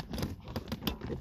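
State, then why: Not seated. A handbrake cable release lock in the car's centre tunnel of a BMW is being handled and pressed in again with considerable force, giving short scraping and tapping sounds with sharper transients at 0.2, 0.6 and 0.9 seconds. The clip ends before the part goes home, so nothing has seated or clicked yet.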